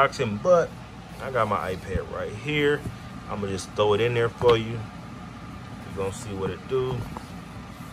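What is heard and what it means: Someone talks while handling an iPad tablet, getting ready to place it into an Apple Magic Keyboard, a magnetic keyboard case that holds it with magnets. Nothing has seated or snapped into place yet.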